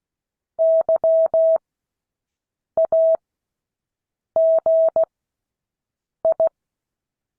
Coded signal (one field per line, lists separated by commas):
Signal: Morse code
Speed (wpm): 16 wpm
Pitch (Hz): 650 Hz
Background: none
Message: YAGI